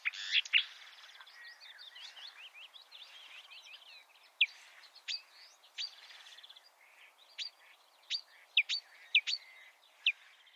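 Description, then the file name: Marsh warbler song, a rambling mix of fast chatters, sharp high notes and rising and falling whistles, continuous throughout with scattered louder accents. "suara kicauan burung marsh warbler. omkicau"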